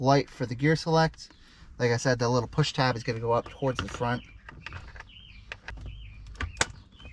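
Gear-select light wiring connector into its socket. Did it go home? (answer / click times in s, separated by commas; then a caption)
yes / 6.6 s. On a 2010–2022 Jeep Grand Cherokee WK2, the wiring connector for the gear-select light is plugged back into its socket with its push tab facing forward, while someone talks during the first four seconds. Small handling clicks and taps follow from about 5.0 s, and the connector seats with a sharp click at 6.6 s.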